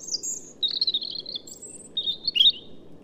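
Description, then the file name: European robin singing short bursts of high, silvery warbles and thin drawn-out whistles, phrases broken by brief gaps, with a constant low background hum. "Erithacus rubecula"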